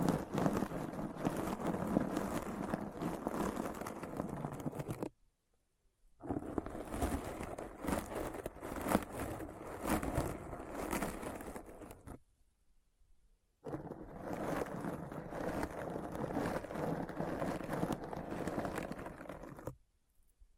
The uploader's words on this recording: ASMR Deep Brain Scratch (No Talking).